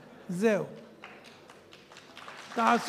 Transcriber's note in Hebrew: מחיאות כפיים בקהל!